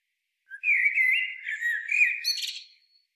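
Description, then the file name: Eurasian blackbird delivering one sustained flute-like warble that wavers up and down, then ends in a burst of high, squeaky twittering. "Turdus merula"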